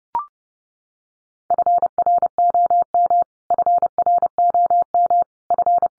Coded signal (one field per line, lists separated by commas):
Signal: Morse code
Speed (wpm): 30 wpm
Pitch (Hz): 700 Hz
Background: none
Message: FROM FROM F